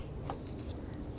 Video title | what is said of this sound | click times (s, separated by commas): How To Replace Window Release Switch 2005-10 Jeep Grand Cherokee | line up the connector push it until it clicks | 0.3 s